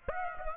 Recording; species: mosquito wingbeat signal from an infrared sensor; Aedes aegypti